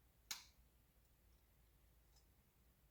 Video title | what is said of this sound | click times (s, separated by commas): UNBOXING the GoPro Hero 8 black! | make sure it clicks down in all the way trying to feel how it feels just | 0.3 s